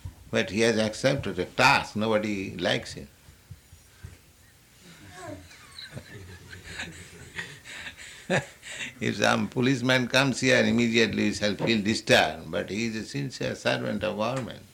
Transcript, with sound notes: but he has accepted a task, nobody likes him. [laughs] If some policeman comes here, immediately you shall feel disturbed. But he is the sincere servant of government.